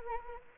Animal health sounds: mosquito wingbeat signal from an infrared sensor; Anopheles arabiensis

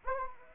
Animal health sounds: mosquito wingbeat signal from an infrared sensor; Anopheles arabiensis

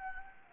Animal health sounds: mosquito wingbeat signal from an infrared sensor; Anopheles gambiae

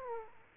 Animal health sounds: mosquito wingbeat signal from an infrared sensor; Aedes aegypti

